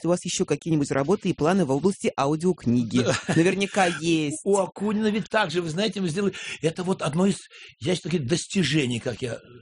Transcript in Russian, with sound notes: Есть ли у Вас еще какие-нибудь работы и планы в области аудио-книги?» Наверняка, есть! (смеется)
У Акунина ведь также, Вы знаете, мы сделали… Это одно из, я считаю, достижений, как я…